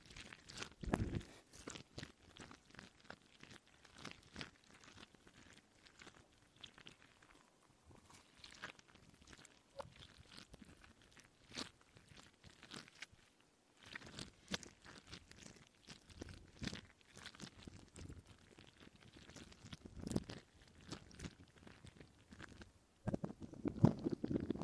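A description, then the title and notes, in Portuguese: Mouth sounds, fidget toys, glove rubbing and head scratching, played in reverse. A constant, irregular stream of crisp clicks, crackles and crunchy rustles fills the clip, with louder bursts near the start, around the middle, and at the very end. Sons de Boca, Cafuné, Luva. ASMR com o microfone Tascam explorando sons de boca, fidget toys, luva e cafuné tudo em reverse (o contrário!).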